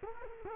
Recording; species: mosquito wingbeat signal from an infrared sensor; Culex quinquefasciatus